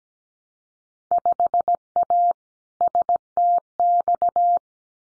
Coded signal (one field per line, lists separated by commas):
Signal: Morse code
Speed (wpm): 17 wpm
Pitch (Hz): 700 Hz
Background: none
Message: 5A STX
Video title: Field Day Exchange Encore 17wpm